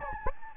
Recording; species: mosquito wingbeat signal from an infrared sensor; Anopheles gambiae